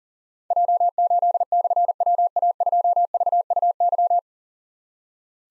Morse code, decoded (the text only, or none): J8/WA2VUY